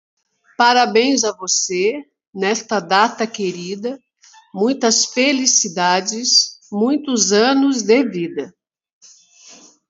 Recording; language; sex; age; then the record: short text; Brazilian Portuguese; female; 50 to 59 years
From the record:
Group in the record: control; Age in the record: 57 years